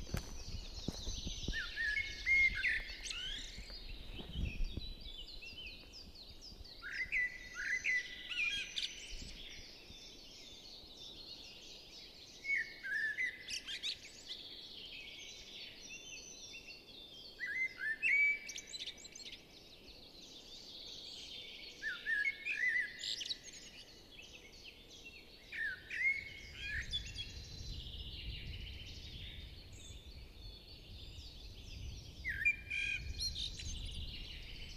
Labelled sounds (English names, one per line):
Common Blackbird song